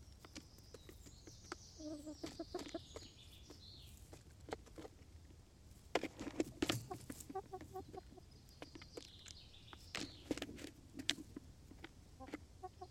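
Chickens make soft, scattered clucks and little chirping calls while eating. Frequent sharp pecking taps and scratches come throughout, with a busier cluster around six to seven seconds, over a low, steady rumble in the background.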